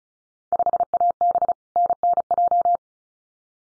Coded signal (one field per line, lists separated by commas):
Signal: Morse code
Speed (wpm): 34 wpm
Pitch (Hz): 700 Hz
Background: none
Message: 5AB NNJ